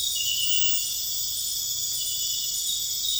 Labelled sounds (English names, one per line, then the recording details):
none
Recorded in dense forest near Puerto Asís, Putumayo, Colombia, on 9 March 2025 at 02:00
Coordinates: 0.484, -76.325
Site G045